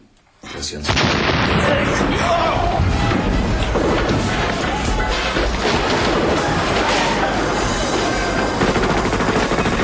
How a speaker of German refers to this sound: Die Explosion riss ein riesiges Loch in das frisch gemauerte Stück Wand.